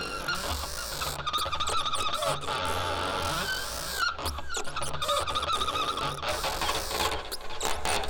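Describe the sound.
Whale sounds with rising and falling tonal notes half-buried under heavy crackle, pulsed bursts and a steady low drone.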